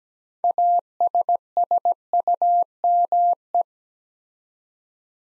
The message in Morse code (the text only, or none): ASSUME